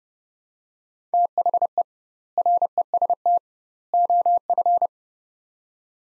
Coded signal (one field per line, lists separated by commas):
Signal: Morse code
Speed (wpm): 30 wpm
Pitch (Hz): 700 Hz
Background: none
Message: THE REST OF